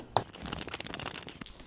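A plastic automatic sprayer head is turned on the threaded neck of a different foam pressure sprayer bottle, with a sharp plastic tick near 0.2 s followed by light scraping and rattling ticks. The threads don't match, so the head spins freely without engaging, and nothing has seated or clicked yet.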